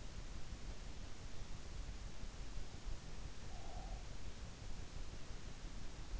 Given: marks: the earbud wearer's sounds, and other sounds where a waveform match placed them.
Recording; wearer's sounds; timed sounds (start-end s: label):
sounds in sleep by an in-ear microphone; breath
3.25-4.10 s: breath